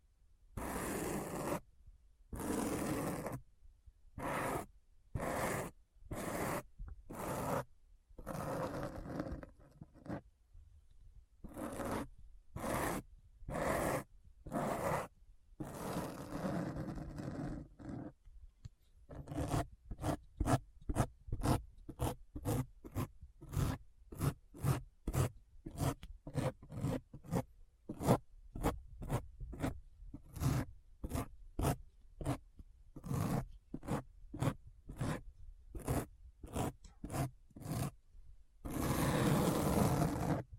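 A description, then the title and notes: Dry scratching strokes fill the whole range from low rumble to bright hiss. For the first eighteen seconds they come slowly, about one long stroke a second; then quicker, regular strokes follow, roughly two a second, ending in one sustained scratch. ASMR Deep Brain Scratch (No Talking).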